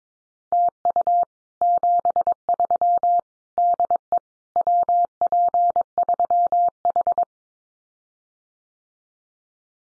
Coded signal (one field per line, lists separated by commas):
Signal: Morse code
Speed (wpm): 22 wpm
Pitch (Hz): 700 Hz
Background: none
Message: TU 73 DE WP3H